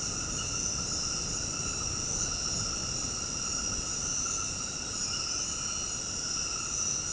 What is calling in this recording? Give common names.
none